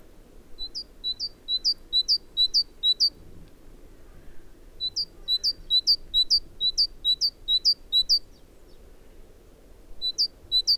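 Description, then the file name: Great tit giving bouts of ringing, high two-note phrases repeated at a brisk, even pace, with short pauses between. "Parus major"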